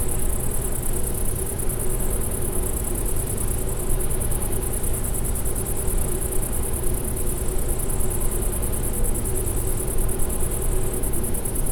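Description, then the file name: Bush-cricket song, a thin, even stream of fast high pulses, accompanied by persistent deep rumbling noise. Recorded near a wind energy plant at Klein Leine, 20 August 2016, 22:24 h. "wind-energy-plant gbushcrick-SEV-AV 2224 h d bb klein-leine"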